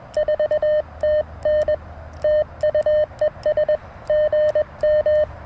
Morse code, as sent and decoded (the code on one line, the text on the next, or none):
....- - -. / - ..- . ... / --. --
4TN TUES GM